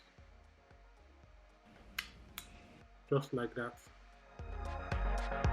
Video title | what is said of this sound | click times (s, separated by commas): How to assemble Mainstays Floor lamp | until you can feel two clicks or three clicks. | 2.0 s, 2.4 s